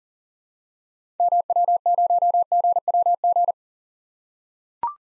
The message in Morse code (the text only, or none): MW0GWG